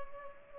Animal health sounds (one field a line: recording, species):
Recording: mosquito wingbeat signal from an infrared sensor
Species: Culex pipiens